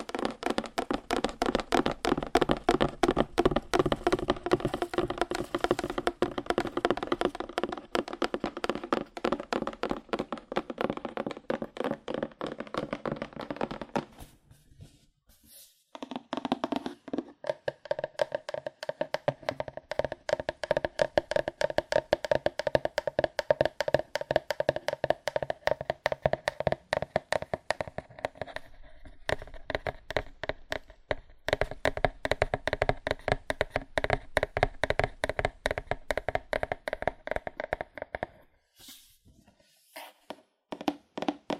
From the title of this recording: ASMR Fast Aggressive Cardboard Tapping